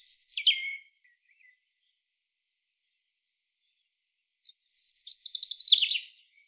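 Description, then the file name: European robin song, a descending thin phrase, a long pause, then a fast rattling high trill that drops in pitch at its end. "Erithacus rubecula"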